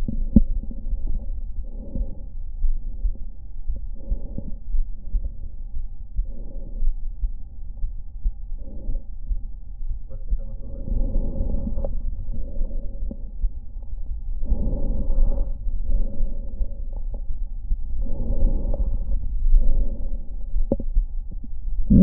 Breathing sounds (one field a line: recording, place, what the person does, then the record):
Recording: lung sounds by stethoscope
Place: right anterior apical chest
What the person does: quiet breathing, then deep breathing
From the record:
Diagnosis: COPD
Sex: female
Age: 68 years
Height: 150 cm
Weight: 70 kg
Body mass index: 31.1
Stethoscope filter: diaphragm mode